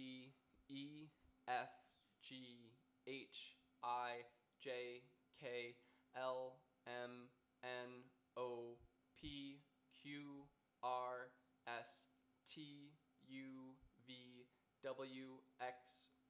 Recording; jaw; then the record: letters of the alphabet, spoken; free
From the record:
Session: first day, before the bite bar